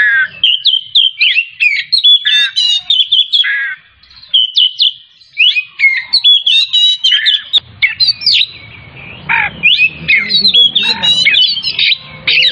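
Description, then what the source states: Oriental magpie-robin pouring out continuous rich song: rapid whistles, trills and scratchy notes, briefly pausing near four seconds, with a low rumbling background later. Kacer Tretes variety, singing vigorously in the gacor style.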